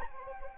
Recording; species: mosquito wingbeat signal from an infrared sensor; Anopheles gambiae